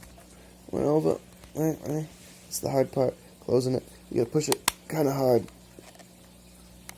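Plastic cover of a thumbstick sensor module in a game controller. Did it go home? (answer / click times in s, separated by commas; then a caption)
yes / 6.9 s. Someone talks while pressing the small plastic cover of the thumbstick sensor module in an Xbox Elite Series 2 controller closed, pushing hard. A little snap is heard at 6.9 s, meaning both sides are even and the cover is seated.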